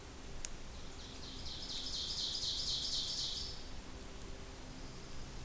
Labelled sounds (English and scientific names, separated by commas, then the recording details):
Ovenbird (Seiurus aurocapilla) song
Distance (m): 55 m
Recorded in boreal forest in Alberta, Canada, on 26 May 2016 at 08:27
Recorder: SongMeter 3, array SBT-3-15
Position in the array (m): 36 m, 247 m
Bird 20